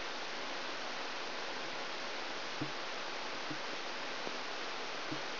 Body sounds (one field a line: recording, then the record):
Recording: brain microelectrode recording played as sound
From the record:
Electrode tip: outside the subthalamic nucleus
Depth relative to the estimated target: -6 mm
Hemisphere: left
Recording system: AlphaMap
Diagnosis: Parkinson's disease